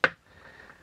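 A plastic suspension clip on a Milwaukee hard hat is pushed into its slot in the hard hat shell while the strap is held down so it doesn't get caught. One sharp, loud click sounds at 0.0 s, followed by faint low background noise. The clip seats in the slot.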